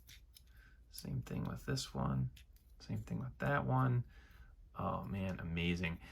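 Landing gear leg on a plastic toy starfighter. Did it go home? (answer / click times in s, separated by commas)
yes / 0.4 s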